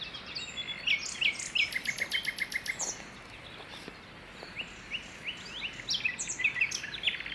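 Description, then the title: Common nightingale song with quick chattering phrases, dry rattles and bright whistled notes, a short pause midway, then more varied notes. Early morning song in the parc de Loire, Saint-Jean-le-Blanc, France; recorded on a Zoom H2n with EM272 stereo microphones. "Saint-Jean-le-Blanc, France - Rossignol philomèle matinal au parc de Loire"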